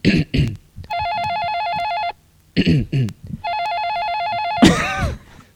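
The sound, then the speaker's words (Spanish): A telephone rings twice, each ring a steady, high warbling electronic trill lasting about a second, with short bursts of voice-like sounds before and between the rings and a louder one at the end. “Antes de que descuelgue el cuelga teléfono.”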